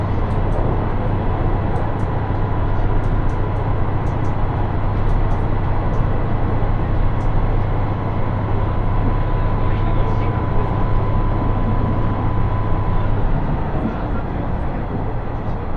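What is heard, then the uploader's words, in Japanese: Inside a two-car diesel railcar, a steady dense roar and low engine drone continue throughout, the drone easing near the end, with faint occasional ticks. ＩＧＲいわて銀河鉄道＆ＪＲ花輪線 盛岡→大更。列車はキハ110系の2両編成。景色は再び冬に逆戻りして辺り一面白くなっています。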